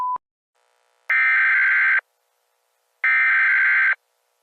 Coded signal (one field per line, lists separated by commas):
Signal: Emergency Alert System (SAME) tones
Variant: header bursts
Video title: ALL EAS ALARMS OF EUROPE COMPILATION (FAKE REUPLOAD)